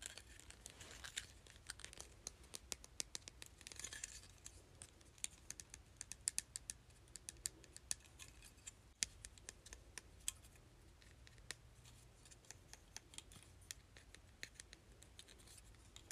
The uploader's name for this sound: ASMR Hair Clip